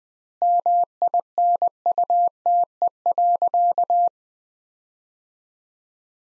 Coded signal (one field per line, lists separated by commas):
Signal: Morse code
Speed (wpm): 20 wpm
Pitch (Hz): 700 Hz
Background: none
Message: MINUTE.